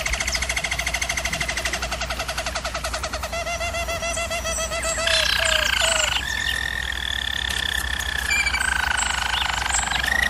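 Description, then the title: German Roller canary song: continuous rolling trills, first a fast pulsed tour, then smooth sustained rolls that step down in pitch, with a low steady hum beneath. Used for canary training. "German Roller Canary Singing - Canary Training Vid"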